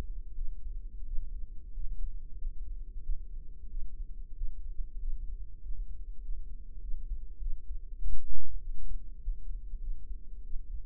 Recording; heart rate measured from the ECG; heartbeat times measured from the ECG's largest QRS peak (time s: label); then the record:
heart sounds by microphone in the right ear; 95 bpm
0.33 s: heartbeat
1.03 s: heartbeat
1.72 s: heartbeat
2.36 s: heartbeat
3.01 s: heartbeat
3.67 s: heartbeat
4.33 s: heartbeat
4.98 s: heartbeat
5.60 s: heartbeat
6.20 s: heartbeat
6.79 s: heartbeat
7.38 s: heartbeat
7.98 s: heartbeat
8.59 s: heartbeat
9.19 s: heartbeat
9.79 s: heartbeat
10.41 s: heartbeat
From the record:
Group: healthy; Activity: rest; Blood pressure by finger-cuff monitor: 123/66 mmHg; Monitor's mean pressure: 83 mmHg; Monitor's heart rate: 95 bpm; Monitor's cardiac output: 8.2 L/min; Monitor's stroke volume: 89 mL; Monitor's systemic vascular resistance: 750 dyn s/cm5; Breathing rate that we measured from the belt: 17 breaths a minute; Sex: female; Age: 26 years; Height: 165 cm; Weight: 55 kg